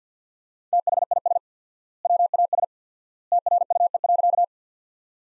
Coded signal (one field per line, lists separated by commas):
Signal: Morse code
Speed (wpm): 50 wpm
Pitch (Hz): 700 Hz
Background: none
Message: THIS WAS TRUE.